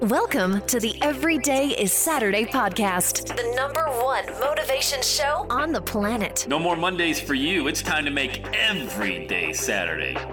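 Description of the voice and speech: Fluent, upbeat adult woman's voice reading an energetic intro over soft background music; ordinary clear speech.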